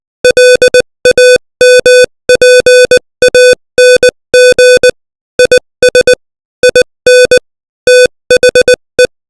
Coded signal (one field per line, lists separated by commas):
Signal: Morse code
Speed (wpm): 20 wpm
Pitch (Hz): 500 Hz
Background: music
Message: LAMPANG IS IN THE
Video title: Morse Code 20 WPM : Lampang